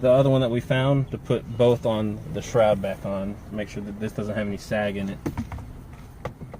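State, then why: Seated. Someone talks while reinstalling the instrument cluster shroud during a 1997–2001 Prelude LED cluster upgrade, fitting the shroud back on so it doesn't sag. A plastic trim piece is pushed into its mounting spot on the shroud, and a sharp, short click at 6.3 s shows it has seated in place.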